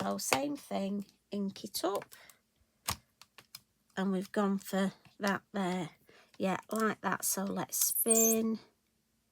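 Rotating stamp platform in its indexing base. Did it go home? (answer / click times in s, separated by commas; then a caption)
no / none. Someone talks while handling a plastic rotary stamp-and-spin tool, whose stamping platform sits in its indexing base and is about to be turned to the next detent position. A few short, quiet taps sound around 2.9 to 3.6 seconds between the speech. The tool is handled but not yet home, and nothing has clicked into place yet.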